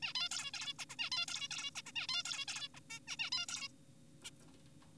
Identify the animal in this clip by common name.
Zebra Finch